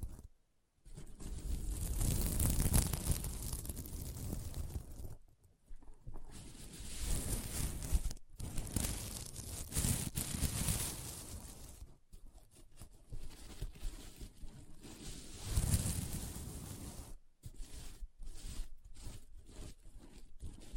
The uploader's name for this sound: SequinMermaid Pillow Scratching Sounds